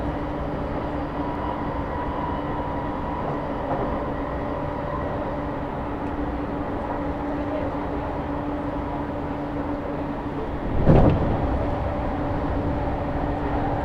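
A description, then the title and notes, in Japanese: A subway train runs between stations, filling the car with a steady, dense low rumble and a persistent hum with faint tonal whines above it. Near eleven seconds a brief, louder clatter cuts through, like wheels crossing a rail joint, before the even roar resumes. 東京メトロ 飯田橋→西船橋。津田沼行きの快速に乗車していますので、車両はＪＲの車両です。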